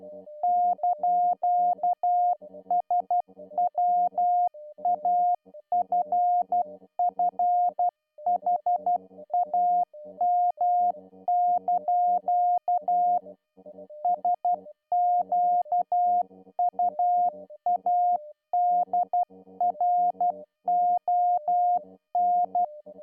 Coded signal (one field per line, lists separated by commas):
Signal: Morse code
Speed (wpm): 12 wpm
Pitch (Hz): 710 Hz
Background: music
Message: )SWAFFHAM) SQUADRON